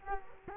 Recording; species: mosquito wingbeat signal from an infrared sensor; Culex quinquefasciatus